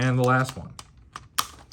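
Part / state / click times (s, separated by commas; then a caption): magnetic peg into sunshield hole of tablet cooling case / seated / 1.2 s, 1.4 s. Someone talks, then the last magnetic peg is worked into the sunshield hole of a Qore Performance IceCase iPad cooling case with a screwdriver. Short clicks are heard at 1.2 s and 1.4 s as the peg seats into the hole.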